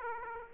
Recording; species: mosquito wingbeat signal from an infrared sensor; Aedes aegypti